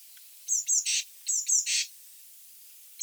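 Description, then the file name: Eurasian blue tit calling: two thin high notes followed by a broad buzzy churr, given twice in quick succession, with a third call starting at the end. "Cyanistes caeruleus"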